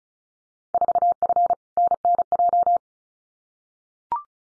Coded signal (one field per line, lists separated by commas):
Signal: Morse code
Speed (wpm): 36 wpm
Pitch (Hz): 700 Hz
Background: none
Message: 4F NNJ